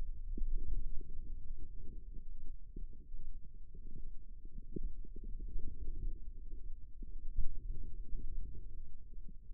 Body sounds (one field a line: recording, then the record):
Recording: forearm muscle sounds (acoustic myography)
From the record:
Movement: radial deviation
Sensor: system 2, bracelet of six BSWA MPA416 microphones around the upper forearm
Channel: 1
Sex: female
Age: 25 years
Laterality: right